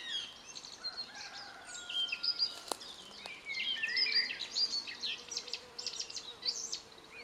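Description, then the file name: Eurasian blackcap warbling song, quiet at first, then a lively tumbling stream of varied, chattering notes lasting several seconds, with a soft hum underneath. "Sylvia atricapilla"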